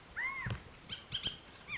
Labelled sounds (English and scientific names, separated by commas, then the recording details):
Bullock's Oriole (Icterus bullockii)
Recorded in Sonoma County, California